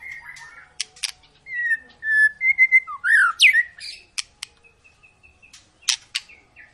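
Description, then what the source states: White-rumped shama song with clear whistled notes and slurs, a sweeping upslurred phrase, sharp high clicks, and a soft run of repeated high whistles near the end. Long lure song to make birds sing; 'gacor panjang' refers to long, continuous singing.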